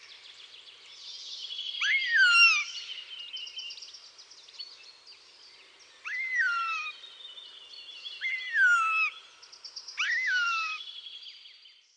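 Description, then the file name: Northern goshawk calls: several clear whistles that rise briefly, then slide downward, among a busy chorus of high-pitched songbirds. "jastrzeb"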